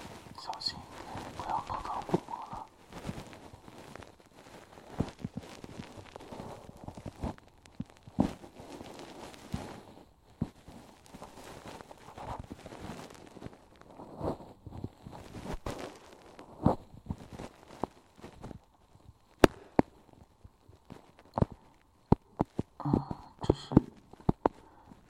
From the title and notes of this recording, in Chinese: 一次纯粹清洁耳朵的体验。